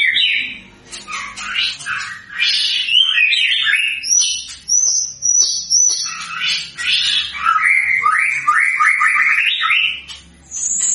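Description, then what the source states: White-rumped shama song, loud varied phrases of slurred whistles and quick rising notes, a string of rapid repeated chirps late on, pauses between phrases. Actively singing white-rumped shama used as a lure to provoke a response from other shamas.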